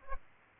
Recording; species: mosquito wingbeat signal from an infrared sensor; Aedes albopictus